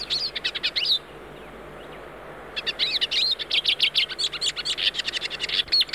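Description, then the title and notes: Hooded siskin song: fast twittering chirps, a pause of about a second and a half, then a run of varied high trills and slurred whistles. Song described as varied and attractive; species lives in open natural or cultivated fields. "Museo de Ciencias de Bahía Blanca. Cabecita Negra (Spinus magellanicus). posee un canto variado y atractivo"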